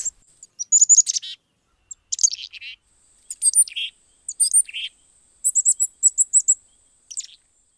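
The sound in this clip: Chickadee calls: bursts of high, sharp chip notes mixed with lower buzzy notes, given in quick clusters throughout, with brief pauses between groups.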